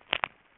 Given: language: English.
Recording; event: throat vibration sensor signal played as sound; swallow